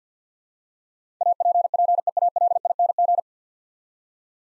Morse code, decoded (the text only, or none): APPEALING